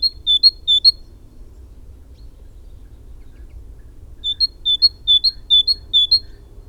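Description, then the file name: Great tit song: a short burst of two-note phrases, a pause of about three seconds, then a longer run of five see-saw phrases. "Parus major"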